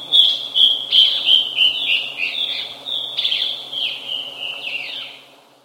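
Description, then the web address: Caura antbird song, a series of high, slightly buzzy notes at a fairly steady pitch, fading toward the end, with faint low background hum. South America. "Natures Songs S America Caura Antbird"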